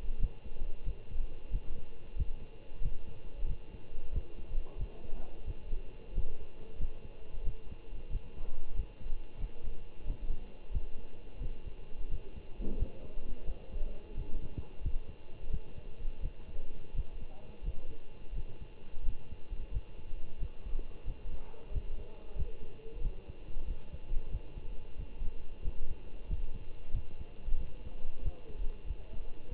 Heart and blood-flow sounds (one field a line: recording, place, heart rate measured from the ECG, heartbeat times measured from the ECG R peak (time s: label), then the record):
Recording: heart sounds by stethoscope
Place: between the tricuspid and mitral areas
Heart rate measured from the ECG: 90 bpm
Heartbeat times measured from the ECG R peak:
0.19 s: heartbeat
0.83 s: heartbeat
1.50 s: heartbeat
2.15 s: heartbeat
2.81 s: heartbeat
3.46 s: heartbeat
4.11 s: heartbeat
4.77 s: heartbeat
5.45 s: heartbeat
6.13 s: heartbeat
6.77 s: heartbeat
7.43 s: heartbeat
8.10 s: heartbeat
8.73 s: heartbeat
9.39 s: heartbeat
10.05 s: heartbeat
10.70 s: heartbeat
11.39 s: heartbeat
12.08 s: heartbeat
12.76 s: heartbeat
13.44 s: heartbeat
14.14 s: heartbeat
14.81 s: heartbeat
15.49 s: heartbeat
16.20 s: heartbeat
16.93 s: heartbeat
17.62 s: heartbeat
18.33 s: heartbeat
19.03 s: heartbeat
19.70 s: heartbeat
20.38 s: heartbeat
21.04 s: heartbeat
21.70 s: heartbeat
22.35 s: heartbeat
23.00 s: heartbeat
23.65 s: heartbeat
24.29 s: heartbeat
24.96 s: heartbeat
25.62 s: heartbeat
26.26 s: heartbeat
26.92 s: heartbeat
27.57 s: heartbeat
28.21 s: heartbeat
28.85 s: heartbeat
29.48 s: heartbeat
From the record:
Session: Bruce protocol treadmill stress test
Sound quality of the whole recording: good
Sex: male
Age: 25 years